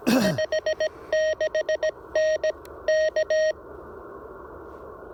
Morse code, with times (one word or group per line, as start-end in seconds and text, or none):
0.2-2.5 56N
2.9-3.5 K